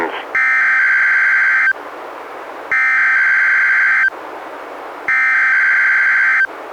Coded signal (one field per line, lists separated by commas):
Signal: Emergency Alert System (SAME) tones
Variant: header bursts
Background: speech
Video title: EAS #206-207: 2 NWR Required Weekly Tests- Nov. 1-8, 2017